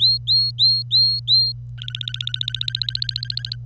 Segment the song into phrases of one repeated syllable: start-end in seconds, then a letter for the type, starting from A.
0.00-1.52 A, 1.77-3.55 B